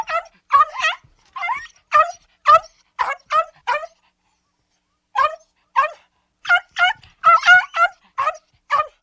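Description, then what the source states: Dog giving a run of high, yappy barks, then a brief pause, then another burst of close-spaced yaps. Small dog barking.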